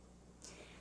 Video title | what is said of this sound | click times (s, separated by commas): Ninja Pulse Blender: Assembly | until you hear it lock into place | 0.4 s